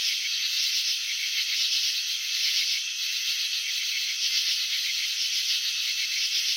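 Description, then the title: Cricket chirping, a grainy pulsed rattle that rises and eases in irregular bursts over an unbroken buzz. Crickets chirping, filmed with slow-motion technology showing wing vibrations and antenna movements. "Crickets in Slow Motion. Capturing the Elegance of Chirping"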